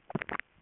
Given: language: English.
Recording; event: throat vibration sensor signal played as sound; swallow